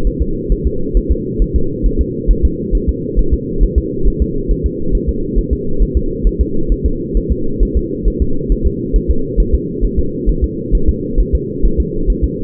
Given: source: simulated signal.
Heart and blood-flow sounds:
fetal heart sounds
0.07 s: S1
0.22 s: S2
0.52 s: S1
0.67 s: S2
0.97 s: S1
1.12 s: S2
1.42 s: S1
1.56 s: S2
1.86 s: S1
2.01 s: S2
2.31 s: S1
2.45 s: S2
2.75 s: S1
2.89 s: S2
3.19 s: S1
3.34 s: S2
3.64 s: S1
3.78 s: S2
4.08 s: S1
4.22 s: S2
4.51 s: S1
4.66 s: S2
4.95 s: S1
5.09 s: S2
5.39 s: S1
5.53 s: S2
5.83 s: S1
5.97 s: S2
6.27 s: S1
6.41 s: S2
6.72 s: S1
6.86 s: S2
7.17 s: S1
7.32 s: S2
7.63 s: S1
7.77 s: S2
8.08 s: S1
8.22 s: S2
8.52 s: S1
8.67 s: S2
8.96 s: S1
9.11 s: S2
9.40 s: S1
9.55 s: S2
9.84 s: S1
9.99 s: S2
10.29 s: S1
10.44 s: S2
10.75 s: S1
10.89 s: S2
11.20 s: S1
11.35 s: S2
11.66 s: S1
11.80 s: S2
12.10 s: S1
12.24 s: S2
From the record:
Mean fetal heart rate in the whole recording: 135 bpm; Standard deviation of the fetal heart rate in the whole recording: 3 bpm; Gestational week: 36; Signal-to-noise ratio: -8.1 dB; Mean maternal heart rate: 72 bpm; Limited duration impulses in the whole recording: present

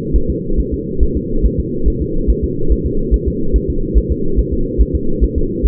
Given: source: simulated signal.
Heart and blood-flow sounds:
fetal heart sounds
0.16 s: S1
0.30 s: S2
0.60 s: S1
0.74 s: S2
1.03 s: S1
1.17 s: S2
1.46 s: S1
1.60 s: S2
1.88 s: S1
2.02 s: S2
2.30 s: S1
2.44 s: S2
2.72 s: S1
2.86 s: S2
3.14 s: S1
3.28 s: S2
3.56 s: S1
3.70 s: S2
3.98 s: S1
4.12 s: S2
4.39 s: S1
4.54 s: S2
4.81 s: S1
4.95 s: S2
5.24 s: S1
5.38 s: S2
5.66 s: S1
From the record:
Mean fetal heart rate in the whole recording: 140 bpm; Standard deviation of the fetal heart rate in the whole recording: 2 bpm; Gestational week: 34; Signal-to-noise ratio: -8.1 dB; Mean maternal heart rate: 72 bpm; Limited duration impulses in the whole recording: absent

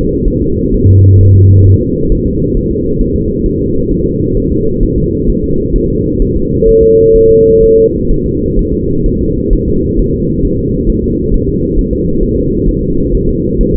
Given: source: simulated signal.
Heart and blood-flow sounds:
fetal heart sounds
0.28 s: S1
0.42 s: S2
0.74 s: S1
0.89 s: S2
1.21 s: S1
1.35 s: S2
1.67 s: S1
1.81 s: S2
2.12 s: S1
2.27 s: S2
2.57 s: S1
2.71 s: S2
3.01 s: S1
3.16 s: S2
3.46 s: S1
3.61 s: S2
3.91 s: S1
4.06 s: S2
4.37 s: S1
4.52 s: S2
4.83 s: S1
4.98 s: S2
5.29 s: S1
5.44 s: S2
5.76 s: S1
5.90 s: S2
6.22 s: S1
6.37 s: S2
6.69 s: S1
6.83 s: S2
7.16 s: S1
7.30 s: S2
7.63 s: S1
7.78 s: S2
8.11 s: S1
8.26 s: S2
8.59 s: S1
8.74 s: S2
9.06 s: S1
9.21 s: S2
9.53 s: S1
9.68 s: S2
9.99 s: S1
10.14 s: S2
10.45 s: S1
10.59 s: S2
10.89 s: S1
11.04 s: S2
11.34 s: S1
11.49 s: S2
11.78 s: S1
11.93 s: S2
12.23 s: S1
12.38 s: S2
12.69 s: S1
12.83 s: S2
13.14 s: S1
13.29 s: S2
13.61 s: S1
13.75 s: S2
From the record:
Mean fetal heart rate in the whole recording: 130 bpm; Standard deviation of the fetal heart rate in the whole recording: 4 bpm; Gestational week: 38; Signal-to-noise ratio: -15.3 dB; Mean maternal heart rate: 72 bpm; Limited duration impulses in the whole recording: present

